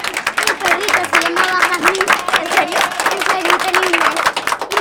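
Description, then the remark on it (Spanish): An audience claps steadily for about five seconds, a loud, dense patter of many hands with faint voices or cheering mixed in underneath. “Sientan los aplausos, sientan los aplausos.”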